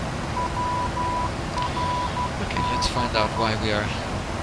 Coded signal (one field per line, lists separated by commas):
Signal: Morse code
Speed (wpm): 12 wpm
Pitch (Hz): 990 Hz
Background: speech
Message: WRB